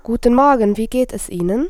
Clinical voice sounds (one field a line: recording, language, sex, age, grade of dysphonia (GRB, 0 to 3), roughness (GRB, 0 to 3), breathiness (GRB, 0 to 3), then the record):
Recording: spoken sentence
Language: German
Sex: female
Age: 20 to 29 years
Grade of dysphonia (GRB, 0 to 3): 0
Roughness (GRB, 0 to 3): 0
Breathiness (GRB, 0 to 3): 0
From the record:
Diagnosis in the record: healthy voice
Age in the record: 22 years